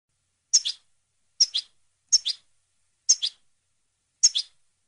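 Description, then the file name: European goldfinch calls, five short two-part chirps, each a sharp high note followed by a lower one, spaced roughly a second apart. "audio burung goldfinch"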